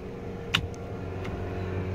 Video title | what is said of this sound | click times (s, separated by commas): Sure grip electronic left side gas pedal and knob | It's locked into place. | 0.6 s